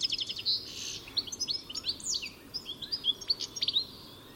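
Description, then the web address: Bird calls as a string of sharp, high chirps and slurred notes, repeated at an irregular pace over soft background noise. "cianscape birddata Deverinetal 2025 Bird Only Ca Ca Ca Ca"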